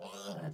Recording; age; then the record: pig call; piglet (1 to 25 days)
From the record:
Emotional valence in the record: negative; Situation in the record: short isolation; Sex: male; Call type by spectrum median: low-frequency call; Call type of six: mixed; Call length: 0.54 s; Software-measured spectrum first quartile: 301 Hz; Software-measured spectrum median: 693 Hz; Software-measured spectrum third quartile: 2717 Hz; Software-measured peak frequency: 172 Hz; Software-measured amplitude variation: 104 dB a second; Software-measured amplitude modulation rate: 15.8 a second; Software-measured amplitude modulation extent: 6.6 dB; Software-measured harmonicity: 1.9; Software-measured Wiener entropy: -2.68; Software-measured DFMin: 1439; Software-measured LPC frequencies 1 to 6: 585, 1365, 3337, 4890, 5962, 6377 Hz